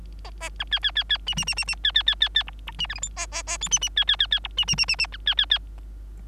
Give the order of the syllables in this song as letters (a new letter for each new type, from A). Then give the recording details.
A A B C C C C D D D D D C C C C C E E D F G H A A A I D D C C C C E D D D D D B C C C. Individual Bird3